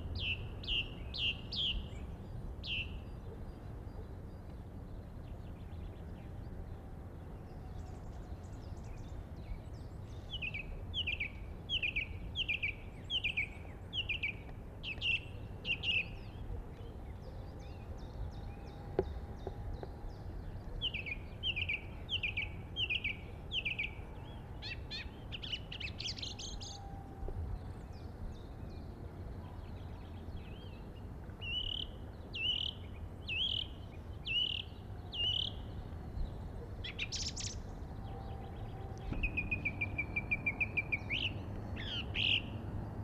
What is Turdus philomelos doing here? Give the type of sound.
song